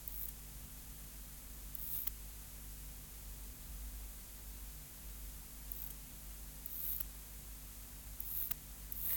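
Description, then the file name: Long-winged conehead producing short, very high sizzling bursts at irregular intervals, with a constant low electrical hum beneath. "Bio Acoustica 398-6 Conocephalus longipennis"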